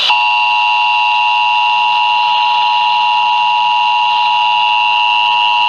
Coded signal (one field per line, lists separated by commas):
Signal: Emergency Alert System (SAME) tones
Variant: 853 and 960 Hz attention tone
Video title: THE CORPUS CHRISTI TX A WARNINGS AND WHAT... EAS Alerts from 06/27/22